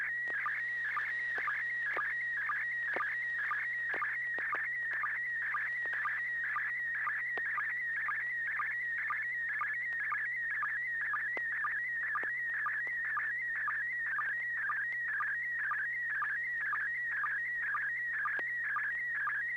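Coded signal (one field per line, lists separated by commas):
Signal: SSTV (slow-scan television)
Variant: PD120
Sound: steady warbling high tone with rhythmic chirping blips about twice per second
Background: low steady hum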